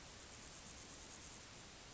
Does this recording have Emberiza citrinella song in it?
no